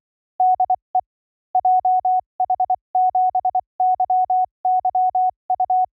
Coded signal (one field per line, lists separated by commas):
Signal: Morse code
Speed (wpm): 24 wpm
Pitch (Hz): 780 Hz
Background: none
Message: DE JH7YYU